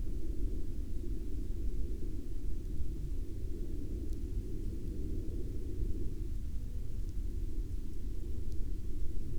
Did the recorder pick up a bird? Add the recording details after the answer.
no. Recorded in the Prudhoe Bay oil fields, Alaska, on 11 May 2019 at 18:46. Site 16